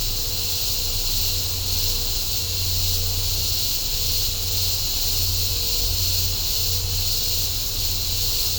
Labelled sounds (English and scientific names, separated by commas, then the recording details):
none
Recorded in secondary vegetation near Puerto Asís, Putumayo, Colombia, on 20 December 2024 at 11:00
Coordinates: 0.502, -76.326
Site G028